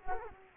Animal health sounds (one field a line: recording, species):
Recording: mosquito wingbeat signal from an infrared sensor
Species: Culex quinquefasciatus